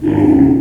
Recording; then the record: squeal of a Yucatan mini pig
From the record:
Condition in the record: before surgery on the right vocal fold (resection and tissue-engineered implant); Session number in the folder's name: 1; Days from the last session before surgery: -21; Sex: female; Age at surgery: 19 weeks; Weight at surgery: 25 kg